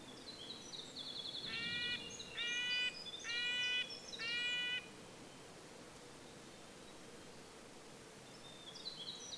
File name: Red-breasted Nuthatch